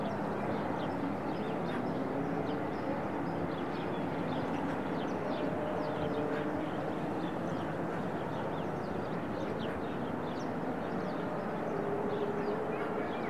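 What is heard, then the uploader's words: Ambience recorded in a natural park, a dense, steady wash of sound with a low rumble that suggests a vehicle or machine. Faint tonal hums drift through at times, and small bright ticks and chirps scatter throughout, possibly insects or birds. Daily recordings from my studio in the Serra de Collserola natural park.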